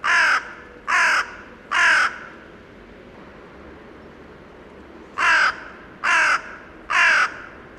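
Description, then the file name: Carrion crow giving two bursts of three harsh, raspy caws, evenly spaced about a second apart, separated by a pause of roughly three seconds. "Corvus corone"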